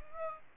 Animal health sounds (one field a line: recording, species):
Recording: mosquito wingbeat signal from an infrared sensor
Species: Aedes aegypti